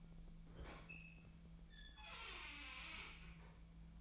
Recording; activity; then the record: daily activity, microphone in the room; open fridge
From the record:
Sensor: 1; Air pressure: 1009.7 hPa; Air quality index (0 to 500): 192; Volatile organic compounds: 18 ppm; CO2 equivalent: 2634 ppm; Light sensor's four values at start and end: 29/73/30/36 and 28/73/30/36